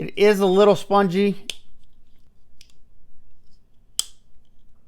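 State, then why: Seated. After a spoken remark and a soft tick near 2.6 s, a sharp metallic snap rings out at 4.0 s.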